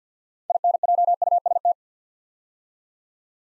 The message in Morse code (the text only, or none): INJUST